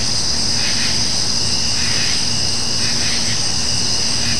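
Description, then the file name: Insects giving a continuous high drone, broken by repeated soft buzzy swells, over a faint steady low hum. Summer night nature ambience of insects. "kevin boucher nature ambience summer insects night"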